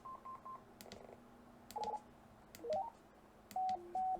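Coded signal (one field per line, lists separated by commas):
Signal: roger beep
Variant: CB radio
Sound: series of short electronic tone tunes: three beeps, buzzy chirp, rising steps, high-low-high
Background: button clicks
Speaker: let's run up to 15 this is our Roger beep uh this is end of transmission signal Roger beep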